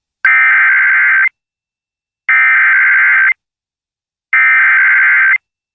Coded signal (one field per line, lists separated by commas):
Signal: Emergency Alert System (SAME) tones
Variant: header bursts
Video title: Lubbock Messed Up + More | EAS Alerts from July 18th, 2023 (EAS #2911-2933)